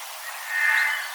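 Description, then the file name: Eurasian jay uttering a single rasping, drawn-out screech that swells and fades, heard against faint background hiss. "Garrulus glandarius"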